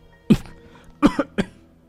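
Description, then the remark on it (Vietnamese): Four dry, hacking coughs from a man who then has fresh blood running from his mouth: one sharp cough, a short pause, then three quick ones in a tight cluster, fairly loud against a quiet background with no talking. “Đới Kim Song ho khan mấy tiếng, khoe miệng chảy ra một dòng máu tươi.”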